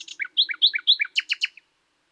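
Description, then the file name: Common nightingale song: a run of repeated two-note chirps, then three loud sharp descending strokes. "Luscinia megarhynchos"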